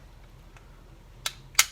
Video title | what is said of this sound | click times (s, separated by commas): TMT3 - Robot Paradise RP-01 Acoustic Wave (Soundwave) Cartoon vs. Toy + GIVEAWAY | give it some pressure and it will click into place it's not a satisfying crunching sound as always that we like on our 300 figures | 1.3 s, 1.6 s